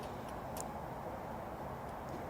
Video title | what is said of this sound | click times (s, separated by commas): EMRF Face Installation & Operation Guide Video | Insert until you hear a click sound that confirms it's locked. | 0.6 s